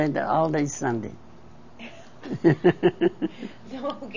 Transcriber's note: they laugh